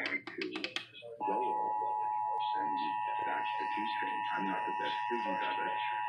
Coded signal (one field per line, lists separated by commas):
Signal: Emergency Alert System (SAME) tones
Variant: 853 and 960 Hz attention tone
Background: speech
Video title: Los Angeles Required Monthly Tests (EAS #1146-1169) 6/25/19